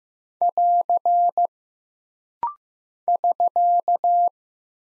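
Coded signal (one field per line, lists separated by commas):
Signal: Morse code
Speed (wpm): 15 wpm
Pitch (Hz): 700 Hz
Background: none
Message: <AR> <SK>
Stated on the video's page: Rapid-fire Morse drill of punctuation and prosign characters at 15 wpm for instant character recognition, each sent, spoken, then sent again.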